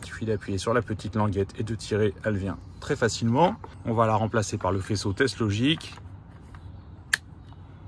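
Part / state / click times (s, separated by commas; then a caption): wiring harness connector into car dashboard module / seated / 7.1 s. Someone talks, then the small black plastic plug of a Teslogic add-on wiring harness is pushed into the dashboard module socket of a Tesla Model 3 / Model Y, in place of the original plug. One sharp click at 7.1 s shows the connector is seated.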